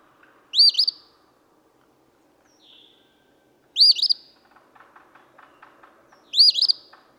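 Eastern phoebe singing three sharp, buzzy phrases a few seconds apart, with faint other sounds between them.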